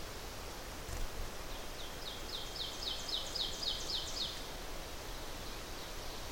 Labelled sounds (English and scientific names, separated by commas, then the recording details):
Ovenbird (Seiurus aurocapilla) song
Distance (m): 90 m
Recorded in boreal forest in Alberta, Canada, on 12 June 2016 at 06:05
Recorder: SongMeter 3, array SBT-3-18
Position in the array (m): 68 m, 310 m
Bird 32